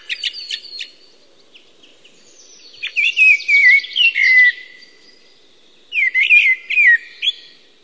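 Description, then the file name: Eurasian blackbird song: soft clicks and twitters, then a rich fluted warble followed by a squeaky high flourish, with a further warbled phrase after a short pause. "mustarastas"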